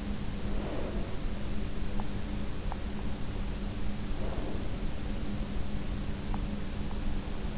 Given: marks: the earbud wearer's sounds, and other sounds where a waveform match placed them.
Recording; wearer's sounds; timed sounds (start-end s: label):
sounds in sleep by an in-ear microphone; breath, teeth grinding
0.39-1.17 s: breath
1.96-3.06 s: teeth grinding
4.07-4.92 s: breath
6.19-7.07 s: teeth grinding